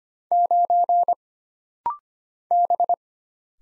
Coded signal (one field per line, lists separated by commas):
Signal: Morse code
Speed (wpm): 25 wpm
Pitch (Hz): 700 Hz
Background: none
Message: 9 B